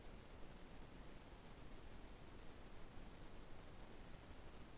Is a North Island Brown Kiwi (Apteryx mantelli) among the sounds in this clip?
no